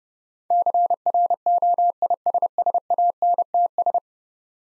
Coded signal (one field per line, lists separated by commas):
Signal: Morse code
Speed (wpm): 30 wpm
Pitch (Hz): 700 Hz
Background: none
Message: CROISSANTS